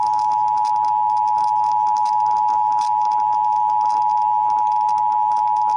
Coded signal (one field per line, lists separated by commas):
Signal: Emergency Alert System (SAME) tones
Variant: 853 and 960 Hz attention tone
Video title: (EAS #930-934) September 2025 Texas Required Monthly Test